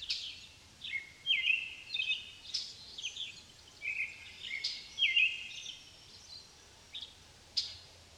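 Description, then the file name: Common blackbird delivering a series of relaxed, fluty warbles with brief pauses between phrases, interspersed with sharp high clicks and soft scratchy notes. Recorded in countryside. "Amos Pond Blackbirds"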